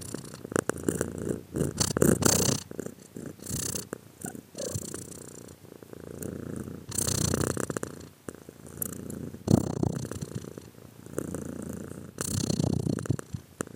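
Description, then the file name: Cat purring steadily, a rough low vibration rising and falling with each breath, with brief noisy bursts. "arseniiv cat-again"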